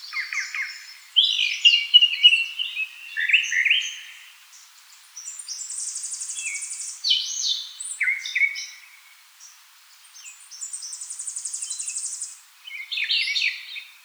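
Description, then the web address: Northern mockingbird singing high, buzzy and rattling phrases, with repeated chirps and a long electric-sounding trill, separated by brief quiet gaps. Recorded 4 February 2007. "Northern Mockingbird 2007 02 04"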